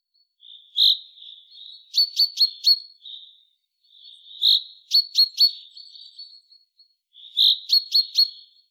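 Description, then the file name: Common chaffinch calling in three bursts, each a thin tonal note followed by a quick run of sharp, high ticks, with short quiet gaps between bursts. "Fringilla coelebs"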